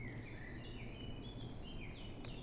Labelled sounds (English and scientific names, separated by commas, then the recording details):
Eurasian Blackcap (Sylvia atricapilla)
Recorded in Germany
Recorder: ecoPi